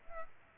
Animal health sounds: mosquito wingbeat signal from an infrared sensor; Culex pipiens

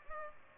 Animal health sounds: mosquito wingbeat signal from an infrared sensor; Culex pipiens

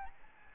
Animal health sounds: mosquito wingbeat signal from an infrared sensor; Aedes albopictus

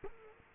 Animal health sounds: mosquito wingbeat signal from an infrared sensor; Culex quinquefasciatus

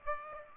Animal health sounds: mosquito wingbeat signal from an infrared sensor; Aedes aegypti

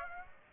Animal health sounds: mosquito wingbeat signal from an infrared sensor; Aedes aegypti

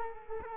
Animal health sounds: mosquito wingbeat signal from an infrared sensor; Culex quinquefasciatus

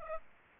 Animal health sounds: mosquito wingbeat signal from an infrared sensor; Aedes aegypti

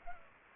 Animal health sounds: mosquito wingbeat signal from an infrared sensor; Culex pipiens

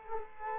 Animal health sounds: mosquito wingbeat signal from an infrared sensor; Culex quinquefasciatus

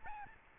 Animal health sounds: mosquito wingbeat signal from an infrared sensor; Aedes albopictus

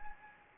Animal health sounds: mosquito wingbeat signal from an infrared sensor; Anopheles gambiae

